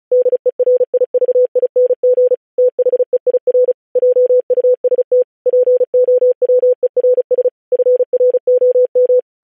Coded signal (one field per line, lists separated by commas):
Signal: Morse code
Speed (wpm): 36 wpm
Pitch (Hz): 500 Hz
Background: none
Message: DERIVING THEIR JUST POWERS FROM